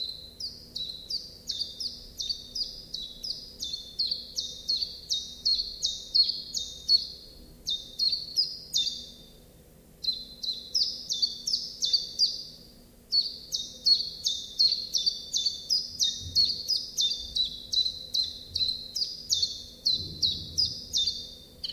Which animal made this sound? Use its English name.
Common Chiffchaff